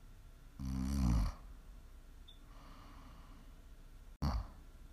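A loud, low, rattling snore from a sleeping adult woman lasts under a second, followed by a quiet stretch of soft breathing, then a second snore begins near the end. This is ordinary sleep snoring, with a faint room hiss in the background.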